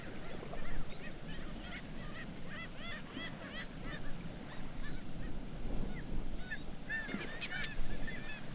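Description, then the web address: Black-legged kittiwakes in chorus: repeated bent, nasal cries from many birds at once, with a constant deep roar beneath. "sound Black-legged-kittiwake. صدای-پرنده-کاکایی-پاسیاه"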